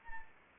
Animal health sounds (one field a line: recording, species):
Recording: mosquito wingbeat signal from an infrared sensor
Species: Anopheles arabiensis